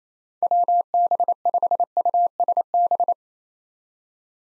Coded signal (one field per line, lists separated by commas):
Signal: Morse code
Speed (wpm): 28 wpm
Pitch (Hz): 700 Hz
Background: none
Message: WB5USB